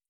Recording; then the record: hydrophone in a shrimp aquaculture tank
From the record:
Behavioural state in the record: feeding